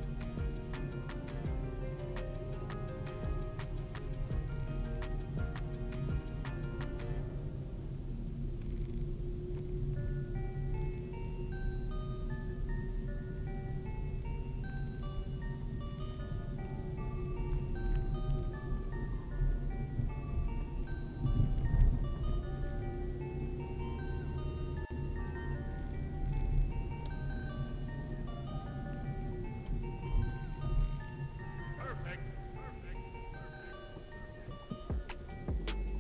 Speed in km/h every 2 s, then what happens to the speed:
16, 12, 10, 18, 22, 23, 23, 24, 24, 25, 26, 26, 28, 29, 25, 14, 8, 3.
4-9 speeds up to 23. 9-26 steady at about 25. 26-36 slows to 3.